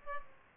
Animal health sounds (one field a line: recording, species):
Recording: mosquito wingbeat signal from an infrared sensor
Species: Aedes albopictus